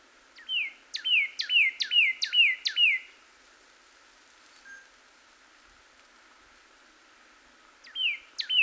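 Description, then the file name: Northern cardinal repeating five two-part whistled phrases, a sharp falling note joined to a slurred whistle, then a pause before two more phrases begin. Recorded 26 April 2019. "2019-04-26 Cardinal"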